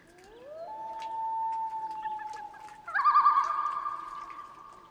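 Loon wail that slides up and holds a long steady note, then breaks into a louder quavering tremolo.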